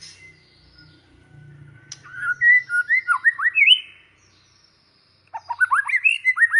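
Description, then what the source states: White-rumped shama song: two bursts of rich whistled notes, rising and falling, separated by a short silence, over a low rumble at the start. Lure recording of a vigorously singing (gacor) white-rumped shama, used to make other shamas respond and sing straight away.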